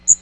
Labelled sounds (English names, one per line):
Magnolia Warbler flight call